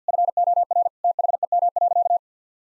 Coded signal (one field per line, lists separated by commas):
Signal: Morse code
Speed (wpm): 50 wpm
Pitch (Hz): 700 Hz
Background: none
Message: FOR THEM.